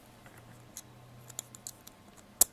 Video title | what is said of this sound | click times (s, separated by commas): Leatherman-Skeletool.avi | that snaps right right in place there | 2.4 s